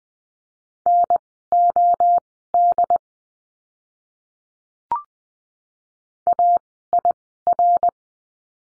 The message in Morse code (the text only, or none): NOD AIR